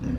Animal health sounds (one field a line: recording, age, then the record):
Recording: pig call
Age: growing-finishing pig (85 days or more)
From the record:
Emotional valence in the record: negative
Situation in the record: barren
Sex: female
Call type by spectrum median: low-frequency call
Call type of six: low-frequency stable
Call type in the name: low-frequency stable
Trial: 3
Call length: 0.18 s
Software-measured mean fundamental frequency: 38 Hz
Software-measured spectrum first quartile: 107 Hz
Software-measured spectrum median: 201 Hz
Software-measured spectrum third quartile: 293 Hz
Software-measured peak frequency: 249 Hz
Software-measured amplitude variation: 141 dB a second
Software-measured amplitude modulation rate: 19.1 a second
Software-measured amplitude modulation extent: 7.4 dB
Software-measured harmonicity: 0.4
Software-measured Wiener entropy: -0.52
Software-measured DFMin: 1026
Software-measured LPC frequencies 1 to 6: 263, 1704, 2632, 4712, 5715, 6977 Hz